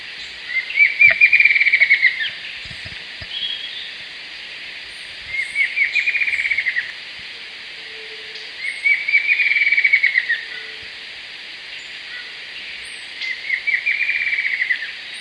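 Bird calls in bursts of rapid ticking notes, each burst lasting a second or two and recurring about every four seconds, over a steady background hiss.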